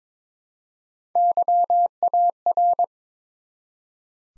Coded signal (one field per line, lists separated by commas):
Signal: Morse code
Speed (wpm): 23 wpm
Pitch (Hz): 700 Hz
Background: none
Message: YAR